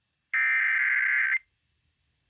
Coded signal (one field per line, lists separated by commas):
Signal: Emergency Alert System (SAME) tones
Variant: header bursts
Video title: EAS #3687 Tornado Warning on WCLR